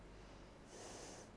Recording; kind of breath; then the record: one breath in and out by a microphone near the nose and mouth; normal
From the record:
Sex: female